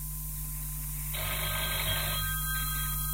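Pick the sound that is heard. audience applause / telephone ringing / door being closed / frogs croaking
telephone ringing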